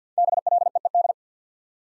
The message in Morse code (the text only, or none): BLEED